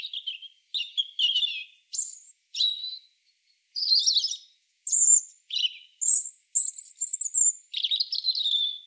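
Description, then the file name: European robin delivering a run of quick, high-pitched phrases: thin whistles, rapid twitters and drawn-out wavering notes, separated by short silences. "Erithacus rubecula"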